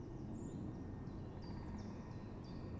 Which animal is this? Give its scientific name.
Dendrocopos major